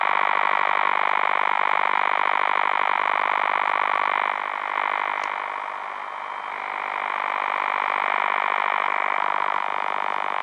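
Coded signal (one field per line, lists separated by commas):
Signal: radar signal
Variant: over-the-horizon radar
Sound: continuous harsh buzzing rasp, rapid repeating sweeps, like a fast mechanical chatter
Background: radio static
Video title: OTH Radar on 16 Meter Broadcast Band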